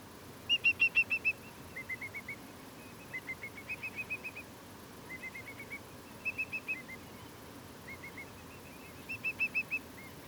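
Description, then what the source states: Whimbrels piping almost continuously, repeated runs of quick whistled notes at slightly different pitches, louder bursts at start and end, over faint background hiss. Several whimbrels piping a lot at Portland, 17 August 2023.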